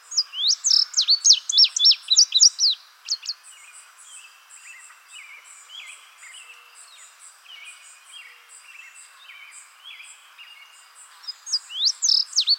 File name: suara kicauan burung indigo bunting. omkicau